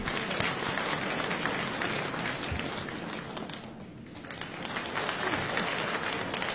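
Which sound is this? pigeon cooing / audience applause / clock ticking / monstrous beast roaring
audience applause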